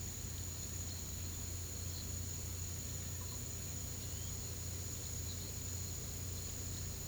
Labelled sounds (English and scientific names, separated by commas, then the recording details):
none
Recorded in pastures near Puerto Asís, Putumayo, Colombia, on 18 February 2024 at 08:00
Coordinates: 0.486, -76.323
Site G6462